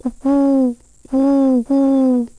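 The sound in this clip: Owl hooting: three low, steady hoots, each about half a second long, the last two close together.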